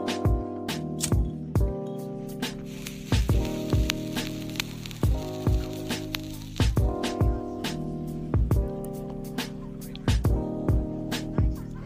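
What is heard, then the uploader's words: Slow jazz in a noir style plays in a 1950s bar setting, with held, layered chords that shift every few seconds. Sharp, bright hits cut through irregularly, roughly once a second at times, over a low, full bass and a soft hiss. 1950's bar | jazz noir music. Lighter/ smoking cigarette. Bar ambience.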